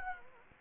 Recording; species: mosquito wingbeat signal from an infrared sensor; Anopheles gambiae